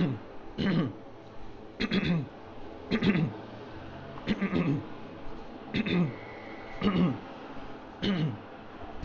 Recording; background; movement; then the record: throat clearing; traffic; sitting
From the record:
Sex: male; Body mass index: 22.0 kg/m2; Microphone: on the chest, facing outward